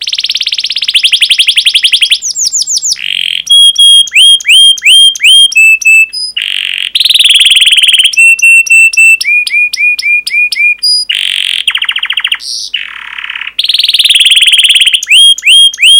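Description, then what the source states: Canary song in fast trilled tours, each phrase a rapid run of repeated notes, switching between high buzzy rolls and clear whistled upswept notes, with brief pauses between phrases. Long 'pancingan' (lure) canary song, presented as masteran (tutor recording) for canaries.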